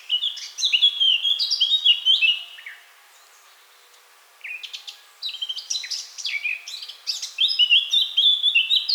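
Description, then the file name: Eurasian blackcap song in two bursts: a fast twittering warble for the first two and a half seconds, a pause, then a second varied warbling phrase running to the end. "Sylvia atricapilla"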